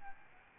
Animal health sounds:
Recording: mosquito wingbeat signal from an infrared sensor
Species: Aedes albopictus

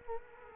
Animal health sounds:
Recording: mosquito wingbeat signal from an infrared sensor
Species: Culex quinquefasciatus

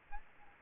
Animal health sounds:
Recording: mosquito wingbeat signal from an infrared sensor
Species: Aedes albopictus

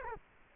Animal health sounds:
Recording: mosquito wingbeat signal from an infrared sensor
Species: Culex quinquefasciatus

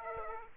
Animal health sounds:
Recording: mosquito wingbeat signal from an infrared sensor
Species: Aedes aegypti

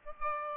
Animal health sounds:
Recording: mosquito wingbeat signal from an infrared sensor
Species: Aedes albopictus

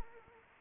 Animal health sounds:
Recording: mosquito wingbeat signal from an infrared sensor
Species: Anopheles arabiensis

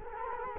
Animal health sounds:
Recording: mosquito wingbeat signal from an infrared sensor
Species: Culex quinquefasciatus

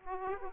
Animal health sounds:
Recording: mosquito wingbeat signal from an infrared sensor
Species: Aedes aegypti

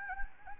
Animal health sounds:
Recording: mosquito wingbeat signal from an infrared sensor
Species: Anopheles gambiae

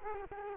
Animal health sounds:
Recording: mosquito wingbeat signal from an infrared sensor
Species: Culex quinquefasciatus

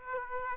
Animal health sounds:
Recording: mosquito wingbeat signal from an infrared sensor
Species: Aedes aegypti

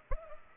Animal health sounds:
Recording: mosquito wingbeat signal from an infrared sensor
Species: Culex pipiens

